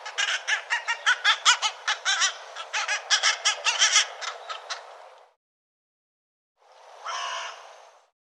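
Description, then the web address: Bird giving a fast, uneven run of rasping notes for about five seconds, a pause, then one drawn-out harsh call. "cianscape birddata Deverinetal 2025 File cleaned normalized Bird"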